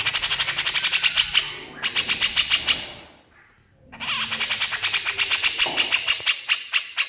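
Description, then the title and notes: Horsfield's bush lark song: rapid trains of sharp, buzzy high notes repeated about four per second, broken by a brief pause near the middle before resuming. Masteran (tutor) recording of branjangan song for training songbirds, described as super gacor (singing constantly). "MASTERAN KICAUAN BRANJANGAN SUPER GACOR. cucak jenggot"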